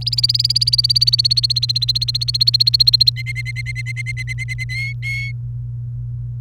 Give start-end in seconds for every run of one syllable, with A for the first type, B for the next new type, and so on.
0.01-3.10 A, 3.16-4.64 B, 4.69-5.32 C